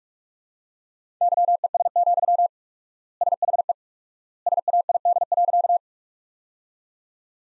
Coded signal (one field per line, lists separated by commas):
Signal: Morse code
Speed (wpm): 43 wpm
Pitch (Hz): 700 Hz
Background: none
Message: YES, SHE SAID.